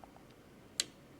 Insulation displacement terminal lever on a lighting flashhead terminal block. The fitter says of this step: so you can hear a click a little bit so